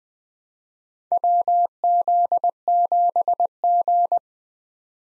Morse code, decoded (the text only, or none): WZ7G